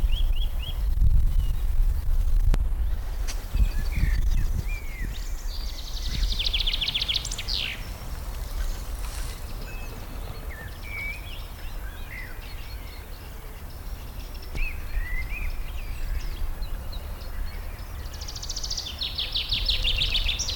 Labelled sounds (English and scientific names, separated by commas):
Eurasian Wren (Troglodytes troglodytes)